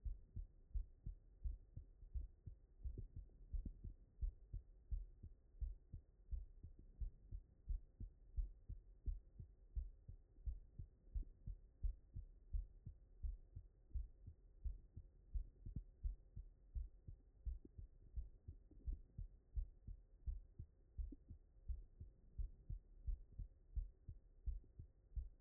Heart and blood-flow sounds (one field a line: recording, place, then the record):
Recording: heart sounds by stethoscope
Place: mitral valve (MV)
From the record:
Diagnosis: non-HFrEF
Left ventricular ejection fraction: 67%